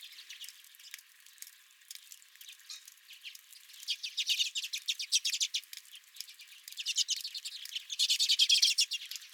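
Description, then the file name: Redpoll calls that begin sparse and quiet, then build into dense, fast, rattling chatter that grows louder toward the end. At the recordist's own feeder. "Redpolls at My Feeder"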